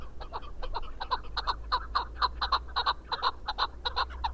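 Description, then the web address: Chukar partridge call, a fast series of harsh chuck notes, about three per second, rising and falling in loudness in uneven clusters. "sound Chukar. دانلود-صدای-کبک-چوکار"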